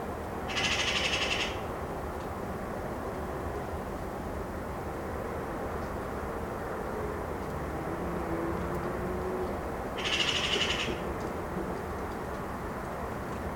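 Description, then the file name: Eurasian magpie rattling chatter heard twice, near the start and about ten seconds later, each a short burst of fast harsh clacks over constant low rumble. "Pica pica"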